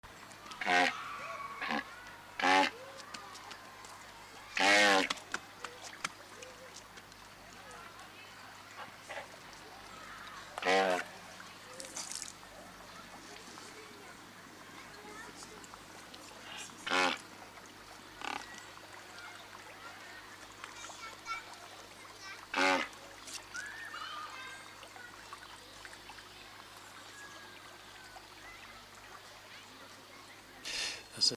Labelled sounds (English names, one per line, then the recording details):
Great White Pelican call
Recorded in captivity
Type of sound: call
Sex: pair
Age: adult
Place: Tiergarten Wilhelma/Stuttgart, Baden-Württemberg, DE
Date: 2004-10-03 18:04
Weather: bedeckt - heiter, 17°C
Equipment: Sony WM-D6C, Sennheiser ME 80, Kopie Uher 4000 Report Monitor
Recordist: Tembrock, Günter
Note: Paar - gegen einen anderen agonistisch. Kurzlaute